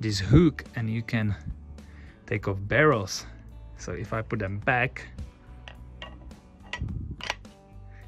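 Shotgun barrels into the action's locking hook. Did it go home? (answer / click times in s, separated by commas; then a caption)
no / none. Someone talks while refitting the barrels of a Darne V Charlin sliding-breech shotgun toward the action's locking hook, with a few short handling knocks near the end. The barrels have not latched yet; nothing has seated or clicked.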